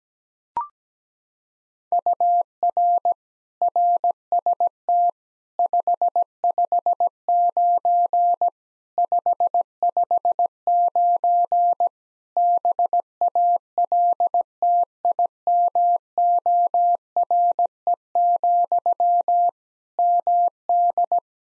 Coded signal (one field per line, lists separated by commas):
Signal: Morse code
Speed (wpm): 17 wpm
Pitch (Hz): 700 Hz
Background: none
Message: UR RST 559 559 BALTIMORE, MD